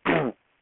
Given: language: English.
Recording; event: throat vibration sensor signal played as sound; throat clearing